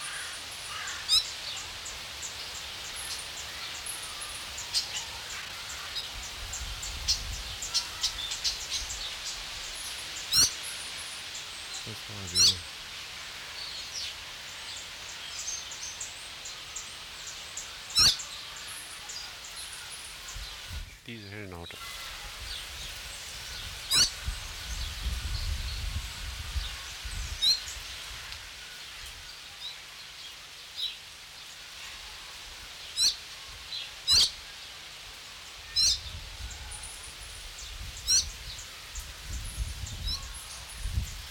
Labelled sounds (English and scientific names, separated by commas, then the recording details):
Emerald Starling (Lamprotornis iris) call
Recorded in captivity
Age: adult
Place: Zoo Berlin, Berlin, DE
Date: 1993-10-16
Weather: heiter, 6-10 °C
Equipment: Marantz CP 430, Sennheiser MKH 416 T, Kopie Uher Variocord 263
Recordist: Tembrock, Günter
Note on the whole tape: Diverse Laute (2 m)